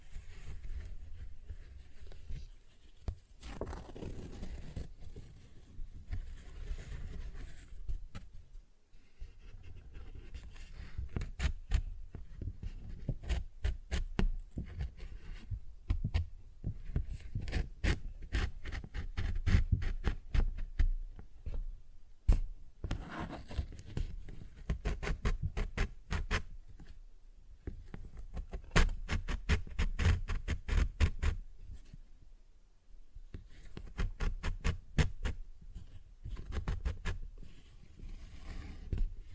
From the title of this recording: Paper Bag Tapping and Scratching Sounds